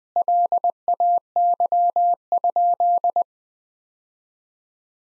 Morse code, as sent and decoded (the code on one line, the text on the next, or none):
.-.. .- -.-- ..--..
LAY?